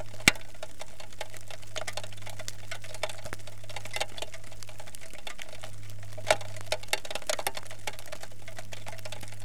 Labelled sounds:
rain, aircraft
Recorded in the Arctic National Wildlife Refuge, Alaska, on 16 June 2019 at 21:10
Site 40

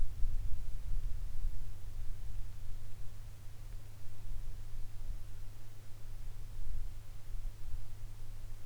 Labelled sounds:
wind, rain
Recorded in the Arctic National Wildlife Refuge, Alaska, on 22 July 2019 at 15:42
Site 41

